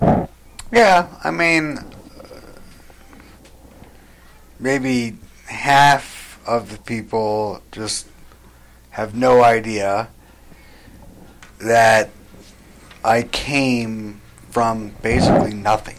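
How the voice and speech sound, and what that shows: Halting speech from an adult man with long pauses inside phrases and stretched sounds, fitting the word-finding difficulty of aphasia following a motorcycle wreck.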